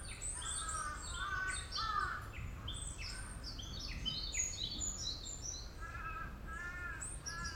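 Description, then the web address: Birds chirping in a busy chorus, with many short high twittering notes overlapping throughout and a steady low rumble of background noise. "yacho koe"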